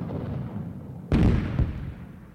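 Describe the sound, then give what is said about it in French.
Rifle and cannon fire: a heavy, booming blast breaks through a low rumbling background, then a second, smaller shot follows half a second later as the echo fades. “La République fraternelle de février tombe sous les coups de fusil et de canon, saigne sous la baïonnette, le sabre, pendant encore 2 longs jours de carnage absurde, inexpiable,”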